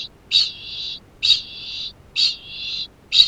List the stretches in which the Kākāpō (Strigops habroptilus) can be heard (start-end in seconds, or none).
0.00-3.27